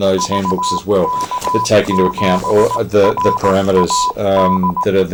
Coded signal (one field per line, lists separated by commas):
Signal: Morse code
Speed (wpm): 18 wpm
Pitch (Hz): 1000 Hz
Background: speech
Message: VK7RAD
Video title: DATV Experimenter's Night - New Q65 Mode in WSJTX + Short Whip Antennas + SMPSU Project + more